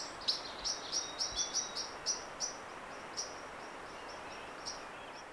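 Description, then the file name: Common blackbird high thin clicking calls in a rapid run at first, slowing and fading to occasional notes, with noticeable background hiss throughout. "Turdus merula"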